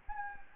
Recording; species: mosquito wingbeat signal from an infrared sensor; Anopheles gambiae